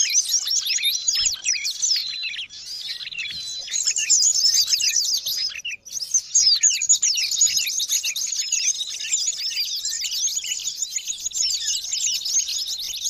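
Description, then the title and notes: Bird song, a dense, rapid stream of high chirps and trills, continuous and noisy with overlapping twittering notes throughout. Noisy calls used as a lure for trapping birds. "Master Burung Ribut Durasi Panjang. Burung Ribut Pikat"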